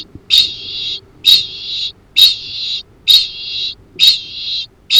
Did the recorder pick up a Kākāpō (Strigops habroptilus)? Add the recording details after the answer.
yes. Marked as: faintness 1/5. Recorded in New Zealand. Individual Arab